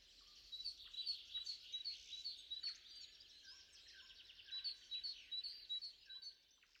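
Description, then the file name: Birds singing together, one repeating a sharp high note rapidly while another gives lower whistled notes. Three birds singing in the morning. "Morning Bird Trio"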